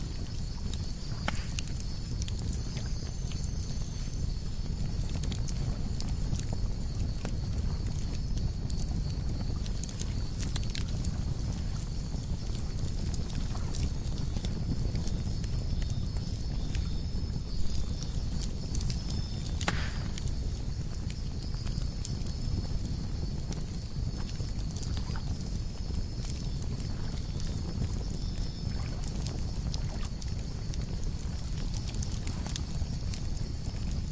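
A campfire roars at night with a steady, dense low rumble that never lets up. Sharp crackles and pops break through at irregular moments, with louder snaps near 2, 20 and 33 seconds, over a faint, thin high whine.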